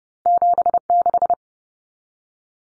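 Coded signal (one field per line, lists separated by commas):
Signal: Morse code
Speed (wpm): 30 wpm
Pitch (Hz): 700 Hz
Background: none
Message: 76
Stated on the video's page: Morse drill of two-digit numbers at 30 wpm for head-copy, each sent, spoken, then sent again.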